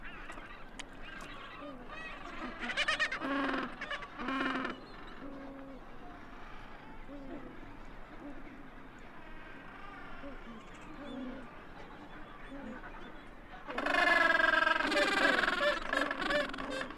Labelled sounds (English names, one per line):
Gentoo Penguin call